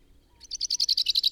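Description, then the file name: Common chaffinch: a fast, even series of high chirping notes, about ten per second, starting after a short quiet pause. "Fringilla coelebs"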